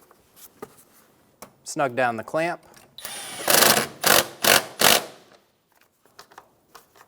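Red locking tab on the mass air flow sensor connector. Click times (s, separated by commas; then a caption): 1.4 s. The red plastic locking tab on the mass air flow sensor connector of a 2007-2017 Ford Expedition is pushed in to lock the connector, giving a small click at 1.4 s. Someone talks, followed by several loud broadband bursts and a few faint ticks. The tab is locked and the connector is seated.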